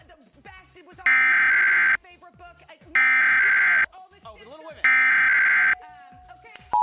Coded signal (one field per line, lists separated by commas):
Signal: Emergency Alert System (SAME) tones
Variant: header bursts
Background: speech